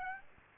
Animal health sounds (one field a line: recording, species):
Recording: mosquito wingbeat signal from an infrared sensor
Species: Aedes aegypti